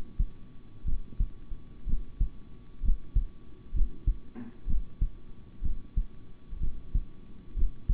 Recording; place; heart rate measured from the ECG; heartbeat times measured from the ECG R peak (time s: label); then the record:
heart sounds by stethoscope; between the tricuspid and mitral areas; 63 bpm
0.84 s: heartbeat
1.86 s: heartbeat
2.82 s: heartbeat
3.73 s: heartbeat
4.66 s: heartbeat
5.61 s: heartbeat
6.59 s: heartbeat
7.55 s: heartbeat
From the record:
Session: rest, sitting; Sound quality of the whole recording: good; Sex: male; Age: 26 years